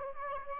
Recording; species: mosquito wingbeat signal from an infrared sensor; Aedes aegypti